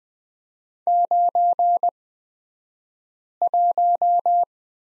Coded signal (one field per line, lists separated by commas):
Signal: Morse code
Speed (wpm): 20 wpm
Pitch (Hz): 700 Hz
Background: none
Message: 91